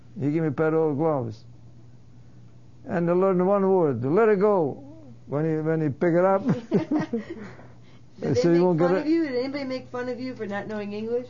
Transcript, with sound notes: He gave me a pair of old gloves. And I learned one word. "Let it go!" When he pick it up... ( they laugh )
Did they make fun of you? Did anybody make fun of you for not knowing English?